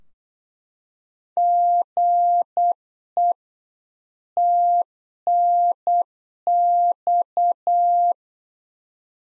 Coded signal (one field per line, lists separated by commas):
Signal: Morse code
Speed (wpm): 8 wpm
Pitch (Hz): 700 Hz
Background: none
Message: GE TNX